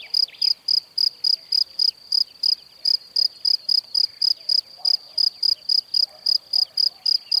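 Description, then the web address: Cricket song of rapid, shrill chirps, roughly four per second, kept up evenly throughout, with soft faint background sounds underneath. "Kurs PTTK Przyroda Ptaki Świerszcze"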